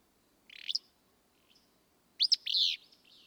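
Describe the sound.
Willow flycatcher giving a short buzzy note, then a loud, sneezy two-part burst ending in a harsh buzz.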